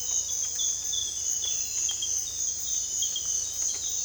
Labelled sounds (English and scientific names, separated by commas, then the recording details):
none
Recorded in dense forest near Puerto Asís, Putumayo, Colombia, on 26 December 2024 at 06:00
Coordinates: 0.485, -76.318
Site GP03